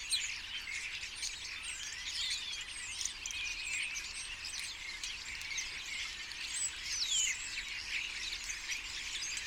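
Common starlings calling together, a dense stream of scratchy notes, clicks and looping whistles that never breaks.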